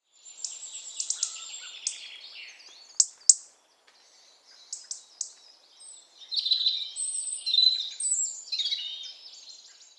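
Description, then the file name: European robin giving thin, high-pitched warbled phrases with trills and sliding notes, separated by short pauses. "Erithacus rubecula"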